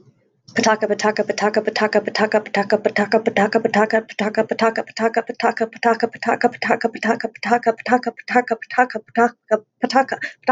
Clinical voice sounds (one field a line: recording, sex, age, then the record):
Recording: repeated syllables /pa ta ka/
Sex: female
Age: 30 to 39 years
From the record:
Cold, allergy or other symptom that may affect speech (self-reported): no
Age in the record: 32 years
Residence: Ohio, United States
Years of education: 15